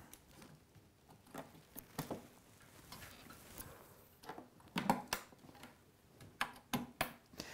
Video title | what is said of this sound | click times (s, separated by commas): PC DIY Pt1: Motherboard, processor and memory - How to build and upgrade your PC | okay then at opposite Corners push them until they click | 4.9 s, 5.1 s, 6.4 s, 6.7 s, 7.0 s